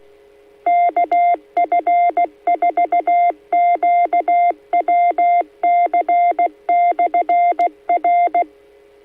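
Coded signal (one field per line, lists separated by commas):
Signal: Morse code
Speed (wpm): 16 wpm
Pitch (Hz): 700 Hz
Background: none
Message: KF4QWC/R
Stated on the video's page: Morse heard on a local amateur net on the 146.685 MHz repeater (minus offset, 136.5 PL tone), live.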